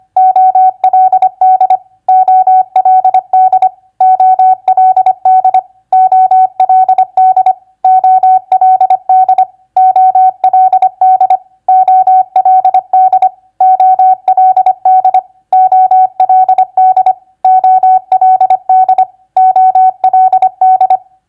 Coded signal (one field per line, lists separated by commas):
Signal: Morse code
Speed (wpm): 25 wpm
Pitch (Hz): 750 Hz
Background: none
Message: OLD OLD OLD OLD OLD OLD OLD OLD OLD OLD OLD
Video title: Morse Code Practice WR2c Word Recognition NEW-OLD-NOW 25wpm